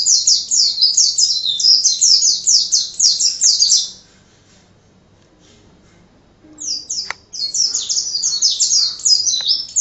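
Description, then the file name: White-eye song: fast, high-pitched twittering in rapid descending chips, a silent gap of about two and a half seconds, then the excited twitter resumes. Ngalas style song, described as excited song. "suara burung pleci ngalas omkicaudotcom"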